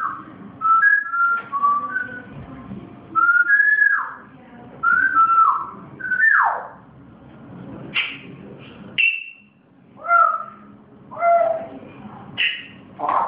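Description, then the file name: Grey parrot giving a series of whistled notes, some level, some sliding down or up, in short phrases about every one to two seconds, with a soft low hum beneath. Pet grey parrot; its first sounds. "moy zoro zhako popugay pervye zvuki"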